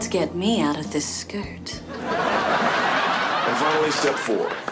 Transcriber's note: laughter